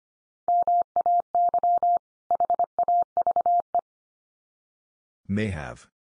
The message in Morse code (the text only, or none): MAY HAVE